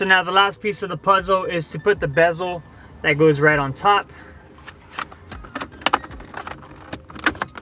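Someone talks for the first four seconds while the plastic top bezel is brought to the dash of a Jeep Wrangler JK, where it goes on top over the new 10-inch Stinger Off Road touch-screen radio. Quieter handling noises follow, with a few short, sharp ticks near the end. Nothing has seated or clicked into place yet.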